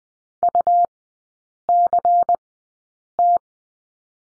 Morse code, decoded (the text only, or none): UCT